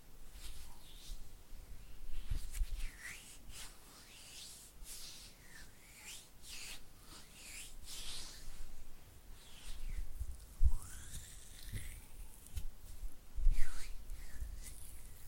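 Oily hands rub and flutter in a steady run of wet, squelching swishes, each a bright, airy sweep lasting under a second. A few sharper taps land around the eleventh and fourteenth seconds, with a faint low rumble underneath throughout.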